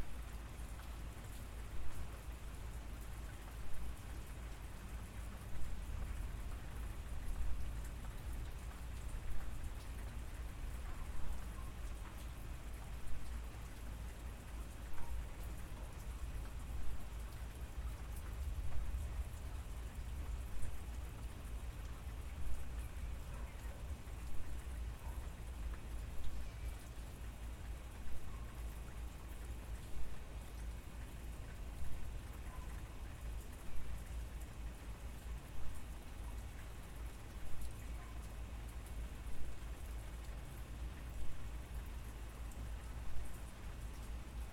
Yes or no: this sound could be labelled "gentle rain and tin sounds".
yes